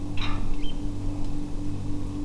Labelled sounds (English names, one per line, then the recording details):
Eurasian Oystercatcher
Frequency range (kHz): Eurasian Oystercatcher 1.8-3.4 kHz
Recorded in France